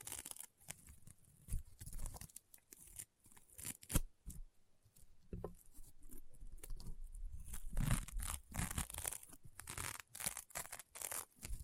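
Crunchy, popping slime being squeezed and pressed, with dense bursts of sharp crackles and snaps throughout. The popping comes in quick irregular clusters, quieter in the middle and busiest from about 7 to 11 seconds, with soft squelching low sounds underneath.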